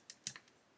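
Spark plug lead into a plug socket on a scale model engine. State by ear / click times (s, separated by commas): seated / 0.1 s, 0.3 s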